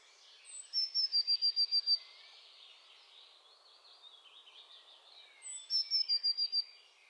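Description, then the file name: Eurasian blue tit giving a rapid series of about eight high, even notes, repeated twice about five seconds apart, over a soft chorus of other birds. "Cyanistes caeruleus"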